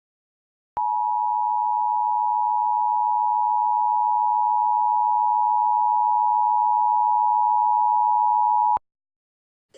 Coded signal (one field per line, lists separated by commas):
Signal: Emergency Alert System (SAME) tones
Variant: 853 and 960 Hz attention tone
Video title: EAS Flash Flood Warning for Westmoreland, PA 6/23/17